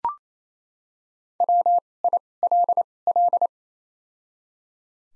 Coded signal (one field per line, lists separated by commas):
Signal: Morse code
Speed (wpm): 28 wpm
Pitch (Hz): 700 Hz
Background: none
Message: W I L L